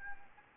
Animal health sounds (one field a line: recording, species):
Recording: mosquito wingbeat signal from an infrared sensor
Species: Anopheles arabiensis